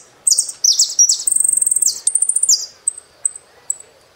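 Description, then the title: Saffron finch song: high, sweeping down-slurred notes and a fast rattling trill, ending with sparse single high chips. "Jilguero Argentino"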